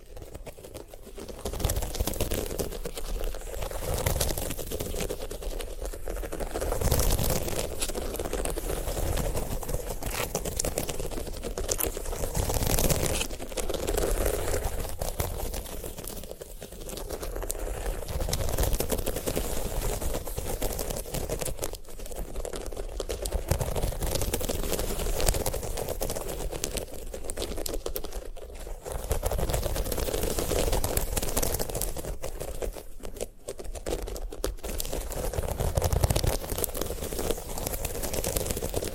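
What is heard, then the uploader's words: ASMR handling of a sunflower head: a dense, continuous run of dry scratching, crackling and crinkling that barely pauses across the whole clip. Bursts of low thumping and rubbing come and go, with brief louder flurries around the middle and near the end. ASMR of a Sunflower Head (No Talking).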